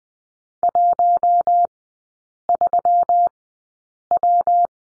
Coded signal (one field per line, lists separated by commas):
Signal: Morse code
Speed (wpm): 20 wpm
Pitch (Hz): 700 Hz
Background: none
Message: 13W